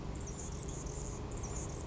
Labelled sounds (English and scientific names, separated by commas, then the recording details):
Anna's Hummingbird (Calypte anna)
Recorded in Sonoma County, California